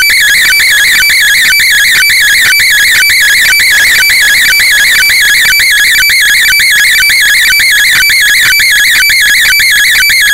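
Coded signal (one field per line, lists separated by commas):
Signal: weather fax (radiofax)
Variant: 120 lines per minute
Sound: warbling tone with a rhythmic tick twice a second, steady throughout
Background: radio static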